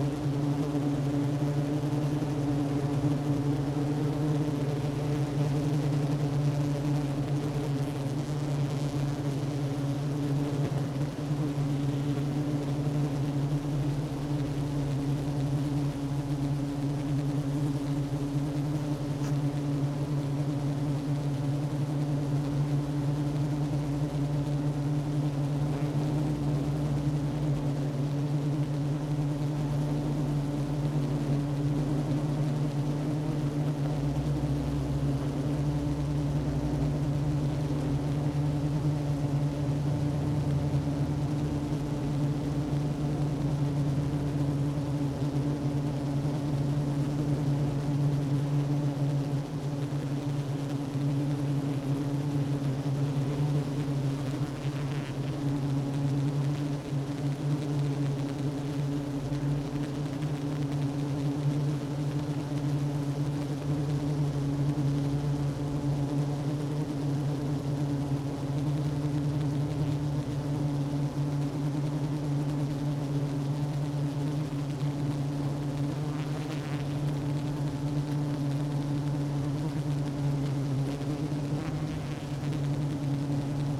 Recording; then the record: honeybee colony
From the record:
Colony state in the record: active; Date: 12 June 2018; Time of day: 10:27